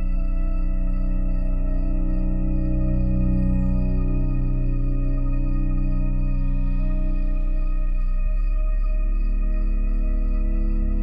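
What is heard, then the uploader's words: A soothing melody of long, sustained tones hums steadily, layered from low to mid pitch, like ringing bowls with slow swells. Soft crickets pulse faintly and evenly high above. Around eight seconds the low notes shift slightly, but the level stays constant. Soft crickets and soothing melodies.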